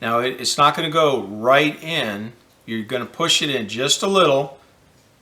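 A nickel is pushed a little way into the pry slot of a plastic Hyundai key fob case during a battery replacement, while someone talks throughout. The clip ends before the coin seats, so nothing has seated or clicked yet.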